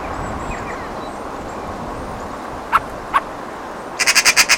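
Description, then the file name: Eurasian magpie rattle at the very end, five or six rapid harsh notes, preceded by two sharp clicks over a quiet hiss. "Pica pica"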